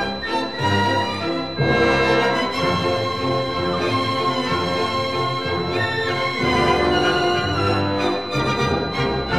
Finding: Tinnitus.